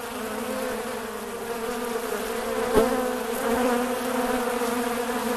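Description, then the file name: Bees buzzing together in a thick, droning swarm, a steady hum throughout. Swarm of bees, recorded while surrounded by the swarm. "bees swarm sourrounded"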